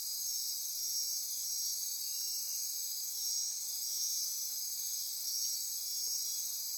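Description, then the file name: Insect chorus: a shrill, steady high hum of overlapping trills with slow, slight rises and falls in loudness. Insect chorus recorded at midnight near Corcovado. "Wind-is-the-Original-Radio-Fridays 20240628 Andy-Martin Midnight-Insect-Chorus-Near-Corcovado"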